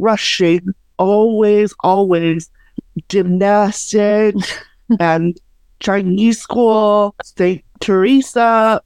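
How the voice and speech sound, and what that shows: A woman, a parent living with aphasia, speaks in short, clipped noun phrases broken by pauses, with a repeated word and few connecting words. The telegraphic, halting output fits nonfluent aphasia, a language disorder affecting sentence building and word retrieval.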